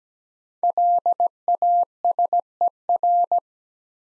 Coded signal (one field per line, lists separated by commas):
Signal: Morse code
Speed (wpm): 17 wpm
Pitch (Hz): 700 Hz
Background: none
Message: LASER